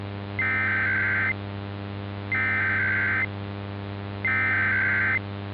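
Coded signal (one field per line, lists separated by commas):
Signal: Emergency Alert System (SAME) tones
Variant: header bursts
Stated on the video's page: Mock Required Monthly Test with SAME tones, made as a joke with a VHS effect.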